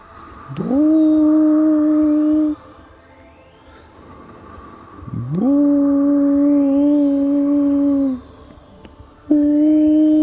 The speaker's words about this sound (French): Tout à coup, de l'autre côté de la rivière, s'éleva l'appel d'un loup. Ce n'était pas un loup du clan, car ceux-ci entouraient tous le rocher. L'appel se changea en un long aboiement désespéré.